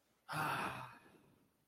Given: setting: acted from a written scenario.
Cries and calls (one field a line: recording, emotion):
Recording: vocal sound without words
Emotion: relief